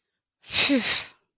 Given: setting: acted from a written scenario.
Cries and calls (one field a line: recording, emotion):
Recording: vocal sound without words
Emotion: relief